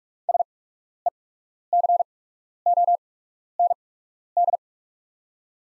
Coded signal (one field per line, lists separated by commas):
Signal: Morse code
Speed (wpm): 44 wpm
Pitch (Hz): 700 Hz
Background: none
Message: SECOND